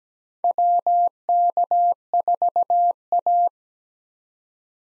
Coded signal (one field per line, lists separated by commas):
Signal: Morse code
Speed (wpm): 17 wpm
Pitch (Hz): 700 Hz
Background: none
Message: WK4A